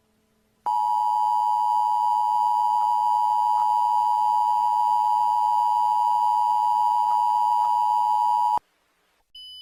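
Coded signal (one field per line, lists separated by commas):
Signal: Emergency Alert System (SAME) tones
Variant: 853 and 960 Hz attention tone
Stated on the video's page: Fictional flood EAS alerts, not real alerts.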